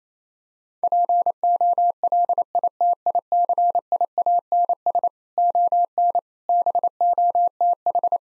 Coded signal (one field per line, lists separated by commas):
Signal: Morse code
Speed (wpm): 28 wpm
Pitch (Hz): 700 Hz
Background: none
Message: POLITICIANS ON BOTH